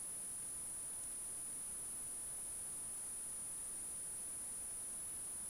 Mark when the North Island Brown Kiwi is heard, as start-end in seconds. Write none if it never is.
none